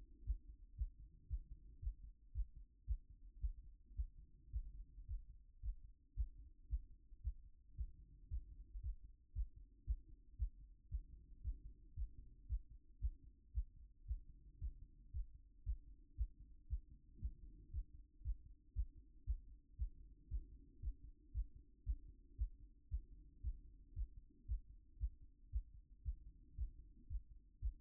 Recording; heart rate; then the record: heart sounds by stethoscope; 114 bpm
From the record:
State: after exercise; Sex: male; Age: 28 years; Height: 180 cm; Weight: 120 kg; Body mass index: 37.04